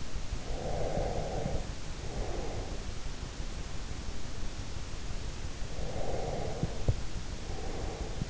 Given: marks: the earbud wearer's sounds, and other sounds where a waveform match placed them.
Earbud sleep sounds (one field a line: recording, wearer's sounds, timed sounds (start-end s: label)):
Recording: sounds in sleep by an in-ear microphone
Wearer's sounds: breath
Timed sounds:
0.36-2.88 s: breath
5.74-8.30 s: breath